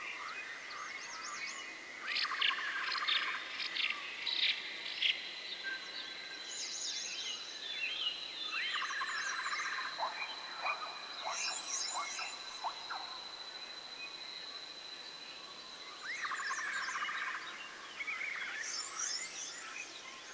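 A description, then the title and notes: Forest ambience filled with birdsong: several birds chirp and trill at once, with busy bursts around 2–5, 8–12 and 16–18 seconds. A thin, steady high whistle runs through the middle, over a soft, constant background hush with almost no low sound. Enchanted Forest Ambience.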